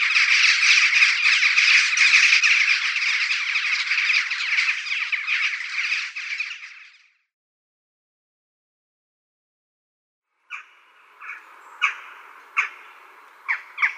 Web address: Schulze Peter Eurasian Jackdaw